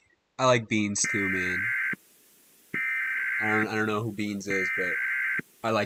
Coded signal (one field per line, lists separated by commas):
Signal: Emergency Alert System (SAME) tones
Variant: header bursts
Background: speech